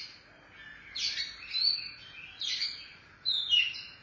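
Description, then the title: Oriental magpie-robin song in three separate bursts of varied whistled and scratchy notes, with a quiet steady hiss underneath. Chirping song (kicauan) of the bird. "Suara Kicauan Burung Kacer Durasi Panjang"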